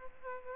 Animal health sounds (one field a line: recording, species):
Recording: mosquito wingbeat signal from an infrared sensor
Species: Aedes aegypti